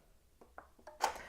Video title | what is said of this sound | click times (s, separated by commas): Démonstration de la NOUVELLE CHATIÈRE SUREFLAP CONNECT à reconnaissance de puce électronique | ce moment-là on entendu un claque parce que les deux petit loquet se sont ouverts donc | 1.0 s